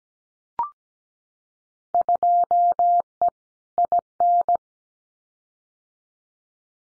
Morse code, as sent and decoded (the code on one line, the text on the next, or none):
..--- . / .. -.
2E IN